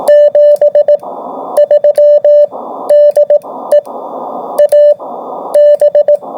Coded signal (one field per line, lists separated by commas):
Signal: Morse code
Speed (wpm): 18 wpm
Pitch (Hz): 590 Hz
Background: radio noise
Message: 73 DE AB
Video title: AB4WS RADIO SHOW 2025 09 12